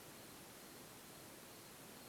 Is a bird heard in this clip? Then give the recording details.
no. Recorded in France